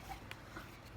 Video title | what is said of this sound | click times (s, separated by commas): Staying prepared for anything when you have a chronic illness - Small Fiber Neuropathy | and it just snaps right into this | 0.3 s